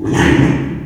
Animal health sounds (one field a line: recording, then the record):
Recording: squeal of a Yucatan mini pig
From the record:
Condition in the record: after surgery on the right vocal fold (resection and tissue-engineered implant)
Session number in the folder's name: 4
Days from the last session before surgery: 42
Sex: male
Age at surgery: 12 weeks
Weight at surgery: 13 kg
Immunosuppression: cyclosporine, prednisolone